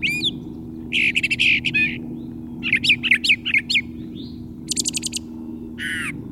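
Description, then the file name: Brown thrasher song of loud, clustered phrases, rich chattering notes repeated in short groups, then a dry ticking burst and a harsh note, with a constant low hum behind. Chirping song. "suara kicauan brown trasher. omkicau"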